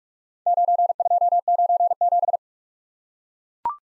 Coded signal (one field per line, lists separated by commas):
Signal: Morse code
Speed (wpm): 44 wpm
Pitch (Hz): 700 Hz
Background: none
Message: 9297